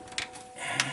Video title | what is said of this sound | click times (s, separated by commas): 6.7 Powerstroke Transmission Flush | that snaps over just like | 0.2 s, 0.8 s